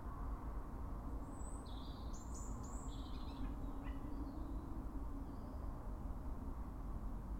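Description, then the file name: European robin song: a brief run of high, thin notes and downslurred twitters, then quieter fragments, with a continuous low rumble underneath. "Erithacus rubecula"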